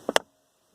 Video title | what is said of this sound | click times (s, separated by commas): How to fix broken center console armrest latch mechanism on Buick LeSabre and most GM vehicles | you hear that little click? | 0.2 s